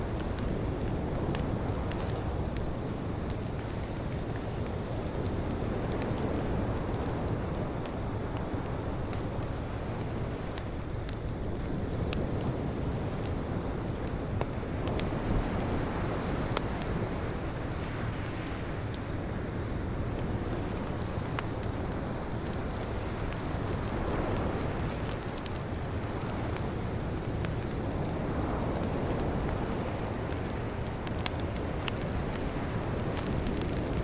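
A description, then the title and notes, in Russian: A beach bonfire burns under a steady cicada chorus. A thick, low roar holds throughout with slow swells, sprinkled with faint scattered crackles. Above it, a thin, unbroken high buzz from the cicadas sits at a constant level for the whole stretch. Костер на пляже и Хор Цикад | Уютная Ночная Атмосфера. Погрузитесь в успокаивающую серенаду ночи на Ко Яо Ной. Местные цикады острова напевают колыбельную.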